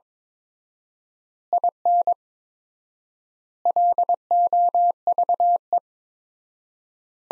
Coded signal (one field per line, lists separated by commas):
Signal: Morse code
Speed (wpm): 22 wpm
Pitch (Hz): 700 Hz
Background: none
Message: IN LOVE